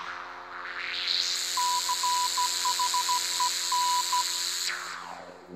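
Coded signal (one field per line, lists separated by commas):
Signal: Morse code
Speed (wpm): 14 wpm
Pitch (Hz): 990 Hz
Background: none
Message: CHEN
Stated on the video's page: Morse rhythm for C H E N used as a musical theme in a live Electone concert performance.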